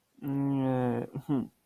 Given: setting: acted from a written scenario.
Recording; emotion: vocal sound without words; shame